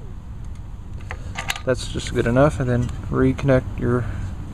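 A rubber spark plug boot is handled near the reinstalled spark plug of a pressure washer engine, ready to be pushed back on. Someone talks over a few short, sharp taps and rattles between 1.0 and 1.6 seconds. The boot has not seated or clicked onto the plug yet.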